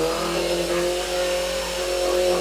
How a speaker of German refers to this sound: Mann, kann der Idiot nicht mal aufhören zu bohren?